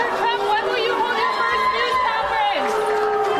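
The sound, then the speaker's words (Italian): A large crowd waiting for Donald Trump's arrival murmurs and calls out in a steady, dense wash of overlapping voices, with whistles and applause and a few higher shouts rising briefly above the din. “Ecco, questa è una registrazione della folla che aspettava Donald Trump all'arrivo. Avete sentito fischi, avete sentito applausi”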